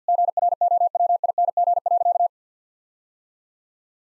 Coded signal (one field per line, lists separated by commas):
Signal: Morse code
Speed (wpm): 50 wpm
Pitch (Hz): 700 Hz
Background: none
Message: GROWING.